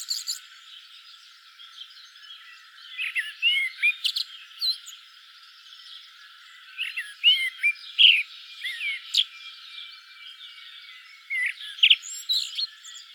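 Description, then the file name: Common blackbird song phrases, short warbled and fluted notes with high squeaky twitters, given in bursts at irregular intervals. "Turdus merula"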